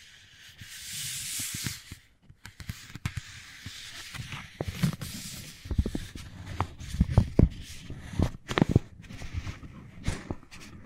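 Wooden balls knock and roll in quick, irregular clusters of dull, low taps, some sharper clicks standing out near the middle and toward the end. A soft hiss swells in the first two seconds, then the tapping continues unevenly with brief pauses.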